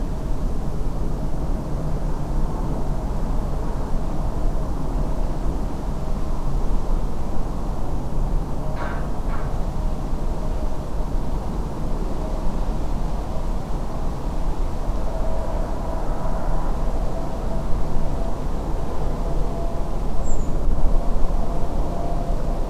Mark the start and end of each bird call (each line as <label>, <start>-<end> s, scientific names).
Turdus iliacus, 20.23-20.48 s